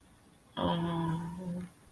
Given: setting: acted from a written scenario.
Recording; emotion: vocal sound without words; embarrassment